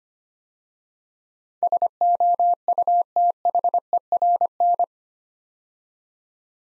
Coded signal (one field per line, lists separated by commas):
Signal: Morse code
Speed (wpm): 25 wpm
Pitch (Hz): 700 Hz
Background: none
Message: SOUTHERN